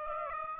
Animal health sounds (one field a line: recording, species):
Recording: mosquito wingbeat signal from an infrared sensor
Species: Aedes aegypti